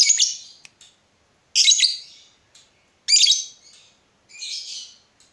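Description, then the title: Yellow-vented bulbul giving harsh, high chattering bursts, four bursts roughly every one and a half seconds, each fading quickly, with short silences between. Used as a bird lure. "PIKAT TRUCUKAN"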